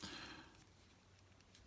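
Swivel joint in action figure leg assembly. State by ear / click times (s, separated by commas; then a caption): not seated / none. The front swivel joint on the plastic legs of a Transformers Age of the Primes Thirteen Onyx Prime action figure is swung back down to bring the legs tighter to the body. A soft broadband rustle at the start fades into quiet, with two faint ticks near 1.4 and 1.6 seconds. The joint does not click into place, and nothing has seated or clicked yet.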